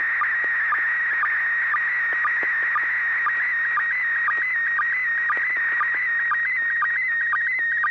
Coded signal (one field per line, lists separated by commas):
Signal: SSTV (slow-scan television)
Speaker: so bob at six pgq do you have a picture ready to send go ahead